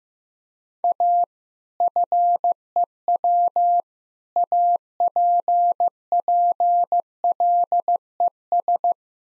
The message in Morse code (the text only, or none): A FEW APPLES